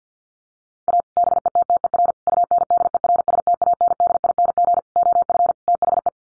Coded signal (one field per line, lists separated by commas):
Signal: Morse code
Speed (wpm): 50 wpm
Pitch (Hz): 700 Hz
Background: none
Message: A BETTER UNDERSTANDING OF THE